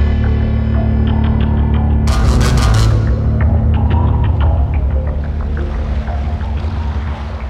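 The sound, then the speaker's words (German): A motorboat, steered by a girl, drones steadily as it heads out onto the open sea, its low engine hum constant, with a brief rush of splashing spray partway through and faint squeaks above the rumble. “Das Mädchen lenkt das Boot auf die offene See.”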